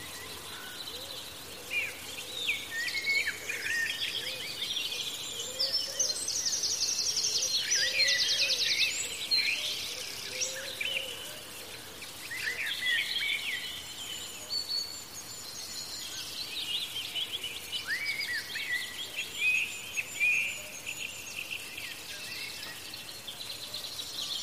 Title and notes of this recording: Bright Cozy and Sunny Garden Ambience With Tons of Birds. Bright cozy and sunny garden ambience with the sound of tons of birds